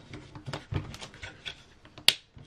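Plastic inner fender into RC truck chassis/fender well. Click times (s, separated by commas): 2.1 s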